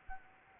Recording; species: mosquito wingbeat signal from an infrared sensor; Anopheles arabiensis